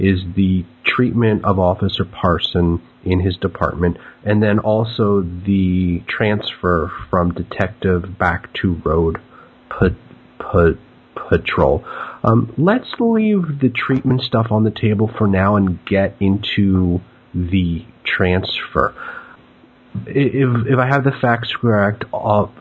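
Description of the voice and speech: Adult male speaker with stuttering, in conversational speech: a part-word repetition ("p- p- patrol"), prolonged sounds, and silent blocks before words such as "transfer". His stuttering became pronounced after he had been a mostly fluent speaker.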